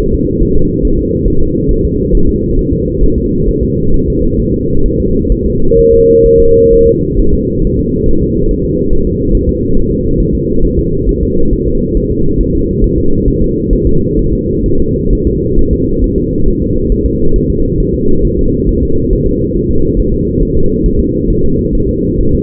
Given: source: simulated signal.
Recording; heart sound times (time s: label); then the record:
fetal heart sounds
0.00 s: S1
0.14 s: S2
0.42 s: S1
0.56 s: S2
0.85 s: S1
0.99 s: S2
1.28 s: S1
1.42 s: S2
1.71 s: S1
1.85 s: S2
2.15 s: S1
2.29 s: S2
2.59 s: S1
2.73 s: S2
3.04 s: S1
3.18 s: S2
3.49 s: S1
3.63 s: S2
3.94 s: S1
4.08 s: S2
4.40 s: S1
4.54 s: S2
4.86 s: S1
5.00 s: S2
5.32 s: S1
5.46 s: S2
5.79 s: S1
5.93 s: S2
6.26 s: S1
6.40 s: S2
6.73 s: S1
6.87 s: S2
7.19 s: S1
7.34 s: S2
7.65 s: S1
7.79 s: S2
8.09 s: S1
8.23 s: S2
8.51 s: S1
8.65 s: S2
8.93 s: S1
9.07 s: S2
9.35 s: S1
9.49 s: S2
9.77 s: S1
9.91 s: S2
10.20 s: S1
10.34 s: S2
10.64 s: S1
10.79 s: S2
11.09 s: S1
11.23 s: S2
11.53 s: S1
11.67 s: S2
11.97 s: S1
12.11 s: S2
12.41 s: S1
12.55 s: S2
12.84 s: S1
12.98 s: S2
13.28 s: S1
13.42 s: S2
13.73 s: S1
13.87 s: S2
14.19 s: S1
14.33 s: S2
14.66 s: S1
14.80 s: S2
15.13 s: S1
15.27 s: S2
15.59 s: S1
15.73 s: S2
16.04 s: S1
16.18 s: S2
16.48 s: S1
16.62 s: S2
16.92 s: S1
17.06 s: S2
17.36 s: S1
17.50 s: S2
17.80 s: S1
17.94 s: S2
18.25 s: S1
18.39 s: S2
18.69 s: S1
18.83 s: S2
19.13 s: S1
19.27 s: S2
19.56 s: S1
19.71 s: S2
20.00 s: S1
20.14 s: S2
20.43 s: S1
20.57 s: S2
20.86 s: S1
21.00 s: S2
21.30 s: S1
21.44 s: S2
21.75 s: S1
21.89 s: S2
22.20 s: S1
22.35 s: S2
From the record:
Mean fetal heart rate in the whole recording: 135 bpm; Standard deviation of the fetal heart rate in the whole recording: 3 bpm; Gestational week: 36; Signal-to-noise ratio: -17.7 dB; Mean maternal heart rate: 72 bpm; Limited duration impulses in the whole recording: present